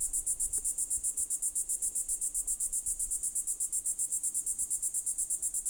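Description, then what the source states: Cicada producing a high, rapidly pulsed buzz, running on unbroken throughout. Recorded close to the cicada.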